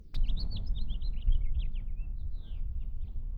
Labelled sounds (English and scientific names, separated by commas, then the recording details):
House Finch (Haemorhous mexicanus) song
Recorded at Lawrence on Long Island, New York, on 4 June 1975
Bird D